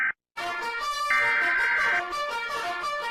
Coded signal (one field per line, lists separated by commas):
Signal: Emergency Alert System (SAME) tones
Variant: header bursts